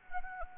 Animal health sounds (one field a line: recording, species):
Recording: mosquito wingbeat signal from an infrared sensor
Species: Anopheles arabiensis